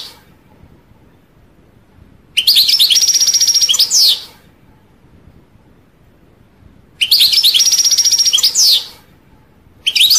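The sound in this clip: European goldfinch song, two long bursts of fast, tinkling twitters with a steady buzzy trill in the middle, separated by a pause of nearly three seconds, and another burst starting at the end.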